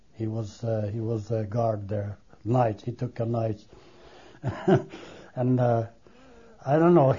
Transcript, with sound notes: He was a guard there nights. He took the nights (he laughs) And, uh, I don't know.